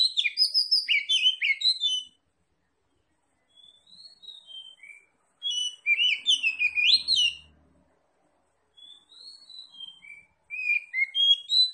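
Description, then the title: Oriental magpie-robin song, loud bursts of rapid varied whistles and chirps alternating with quieter soft warbling passages and short pauses. Singing in full, energetic form (gacor); Tretes type. "Kacer Tretes Gacor"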